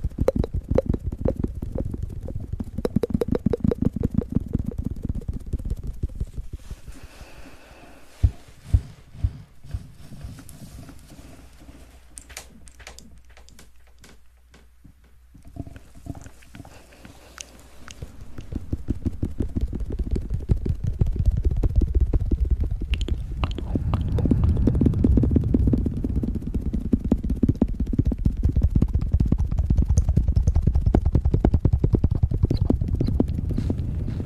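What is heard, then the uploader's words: Fast wet mouth sounds click and smack densely, thinning into sparse sharp pops around the middle before building back into a thick, rapid stream. ASMR Fast Mouth Sounds.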